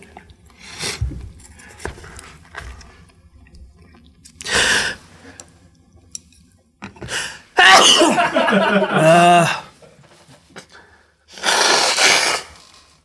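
Someone eating sushi gives sharp breathy exhales near five and twelve seconds, with a brief spoken burst around eight.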